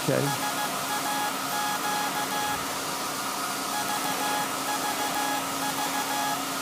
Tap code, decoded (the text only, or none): none